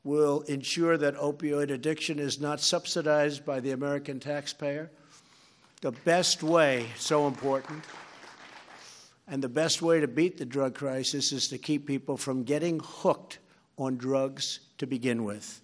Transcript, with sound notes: We’ll ensure that opioid addiction is not subsidized by the American taxpayer. (Applause.) The best way—so important—and the best way to beat the drug crisis is to keep people from getting hooked on drugs to begin with.